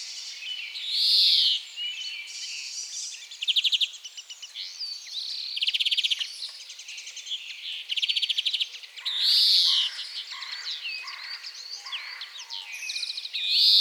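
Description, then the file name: European greenfinch mixing buzzy wheezes with rapid rattling trills and busy twittering, the calls following closely one after another throughout. "Chloris chloris"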